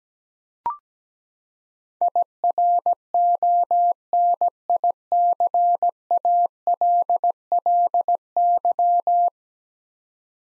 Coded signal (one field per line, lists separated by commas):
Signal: Morse code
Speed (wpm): 17 wpm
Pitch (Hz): 700 Hz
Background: none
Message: IRONICALLY